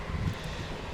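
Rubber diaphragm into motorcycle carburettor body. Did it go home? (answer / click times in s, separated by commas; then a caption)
no / none. A new rubber diaphragm is pressed by hand into the constant-velocity carburettor body of an R80-7 motorcycle during a repair for a sudden loss of power. Only a low, steady rumble of handling noise is heard, with no distinct sharp sounds. Nothing has seated or clicked yet.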